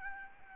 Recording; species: mosquito wingbeat signal from an infrared sensor; Aedes albopictus